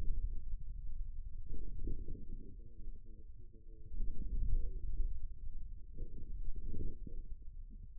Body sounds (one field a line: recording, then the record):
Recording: forearm muscle sounds (acoustic myography)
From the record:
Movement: inward rotation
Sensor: system 2, bracelet of six BSWA MPA416 microphones around the upper forearm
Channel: 3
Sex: male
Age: 22 years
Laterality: right